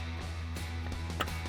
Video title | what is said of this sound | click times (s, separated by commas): 2015-2019 Mustang Ford Performance GT350 Half Shaft Kit Upgrade Review & Install | And then you'll hear that click. That means that your ring is now seated in that housing. | 1.2 s